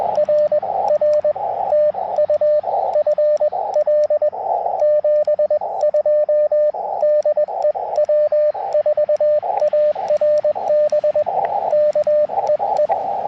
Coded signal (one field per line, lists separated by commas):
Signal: Morse code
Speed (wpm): 20 wpm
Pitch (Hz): 600 Hz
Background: radio noise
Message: RR TU FL 72 DE W4ARB K EE